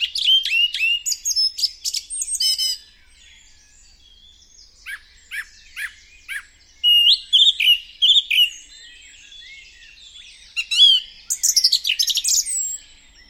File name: song thrush singing